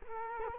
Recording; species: mosquito wingbeat signal from an infrared sensor; Culex quinquefasciatus